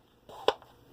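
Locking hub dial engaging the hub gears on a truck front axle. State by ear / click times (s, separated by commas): seated / 0.5 s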